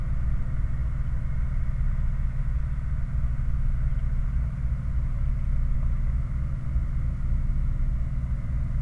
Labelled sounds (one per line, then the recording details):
machinery
flare stack
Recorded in the Prudhoe Bay oil fields, Alaska, on 9 August 2019 at 23:30
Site 29